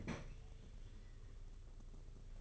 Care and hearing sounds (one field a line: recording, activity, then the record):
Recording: daily activity, microphone in the room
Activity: open fridge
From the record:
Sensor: 4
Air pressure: 991.8 hPa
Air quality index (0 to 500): 106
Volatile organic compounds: 15 ppm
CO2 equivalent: 2511 ppm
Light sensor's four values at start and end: 19/64/24/24 and 19/63/23/23